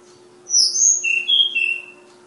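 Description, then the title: Flowerpecker song, a short phrase opening with very high sharp notes, then three clear whistles stepping up and back down, over a constant low hum. Recorded in Kudus; local names Tledekan or Sulingan. "Tledekan/Sulingan ABABIL"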